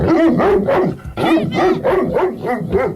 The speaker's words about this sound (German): Oh, das ist ja ein riesiges Hundevieh.